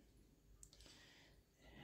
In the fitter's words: spaces and you feel the drill thought they click into place